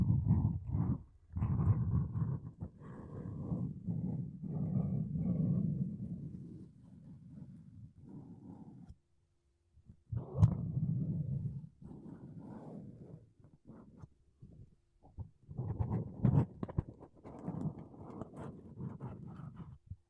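Makeup brushes and a sponge rub against a microphone in dense, low, muffled bursts of scratchy swishing. The strokes come in irregular clusters with short gaps, quieter stretches around eight to nine seconds and near fifteen seconds, then louder, sharper brushing toward the end.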